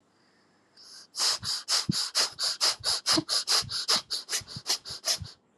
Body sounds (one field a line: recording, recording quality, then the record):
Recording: shallow breathing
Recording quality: excellent, no background noise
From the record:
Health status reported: recovered from COVID-19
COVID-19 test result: positive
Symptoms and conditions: cold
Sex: female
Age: 42 years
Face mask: not worn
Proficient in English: yes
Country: India